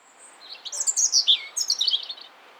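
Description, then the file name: European robin singing a short, rapid phrase of high, liquid, twittering notes and shimmering trills, delivered in two bursts with a brief pause between. "Erithacus rubecula"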